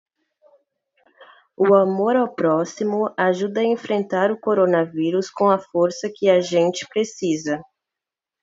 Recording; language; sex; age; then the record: spoken sentence; Brazilian Portuguese; female; 20 to 29 years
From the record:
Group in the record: control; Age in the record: 22 years